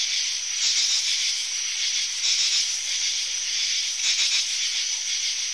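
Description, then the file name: Cicada in a continuous, dense, high-pitched buzzing chorus, steady throughout with slight pulsing swells, and no other clear sounds. Several cicadas calling together. "Meditarranean Cicadas"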